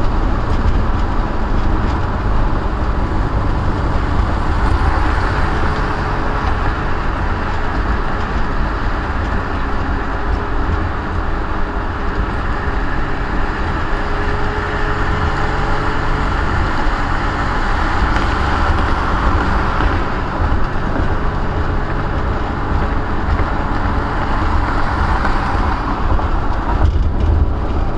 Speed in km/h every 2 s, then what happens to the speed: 108, 97, 95, 95, 92, 90, 90, 95, 98, 93, 95, 95, 95, 97.
0-10 slows to 90. 10-16 speeds up to 98. 16-28 steady at about 95.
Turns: none.